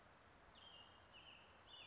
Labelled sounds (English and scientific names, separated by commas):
American Robin (Turdus migratorius)